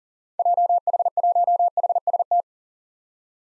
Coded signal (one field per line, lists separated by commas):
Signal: Morse code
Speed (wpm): 38 wpm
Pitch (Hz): 700 Hz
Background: none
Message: JH1HST